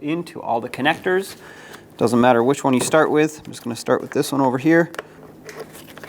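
A plastic wiring harness connector is handled at the socket on the back of a new headlight assembly for a 2012-2018 Nissan Altima, so that each connector locks in. Someone talks through most of the clip, followed by a few faint handling ticks near 5.5 s and 6.0 s. Nothing has seated or clicked yet.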